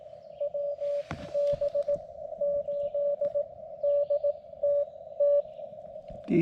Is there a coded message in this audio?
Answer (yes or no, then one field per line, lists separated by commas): yes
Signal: Morse code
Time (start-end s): 0.4-5.4 s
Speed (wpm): 20 wpm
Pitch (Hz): 580 Hz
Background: radio noise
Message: WB8DTT